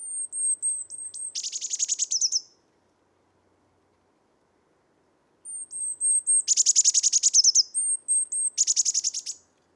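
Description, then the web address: Eurasian blue tit repeating thin high piping notes that break into dense, buzzy scolding trills, in three bouts with a long pause after the first. "SETE data Cyanistes caeruleus"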